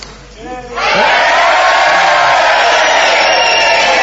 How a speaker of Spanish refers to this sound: Vamos a hacer una experiencia para que la gente de Buenos Aires se dé cuenta de que aquí hay gente. Vamos a gritar todos a una.